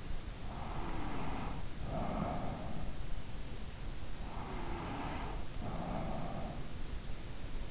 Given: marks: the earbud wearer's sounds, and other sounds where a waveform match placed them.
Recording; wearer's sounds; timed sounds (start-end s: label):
sounds in sleep by an in-ear microphone; breath
0.11-2.91 s: breath
4.23-7.71 s: breath